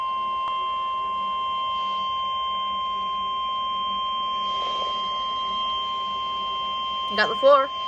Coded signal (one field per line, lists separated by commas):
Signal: Emergency Alert System (SAME) tones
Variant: 1050 Hz attention tone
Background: speech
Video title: Severe Thunderstorm Warning (EAS #16)